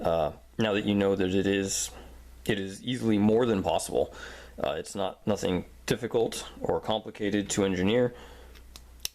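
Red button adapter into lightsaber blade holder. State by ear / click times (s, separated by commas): seated / 9.1 s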